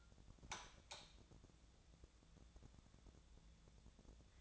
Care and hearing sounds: daily activity, microphone in the room; light on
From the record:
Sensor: 3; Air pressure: 1000.0 hPa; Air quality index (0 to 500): 121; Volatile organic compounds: 2 ppm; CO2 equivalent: 1088 ppm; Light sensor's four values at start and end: 32/83/35/38 and 34/88/37/40

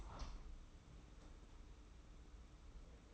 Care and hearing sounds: daily activity, microphone in the room; open window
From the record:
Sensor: 1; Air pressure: 991.3 hPa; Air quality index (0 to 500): 106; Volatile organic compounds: 83 ppm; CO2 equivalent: 3629 ppm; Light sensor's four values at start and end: 37/116/46/47 and 37/118/46/48

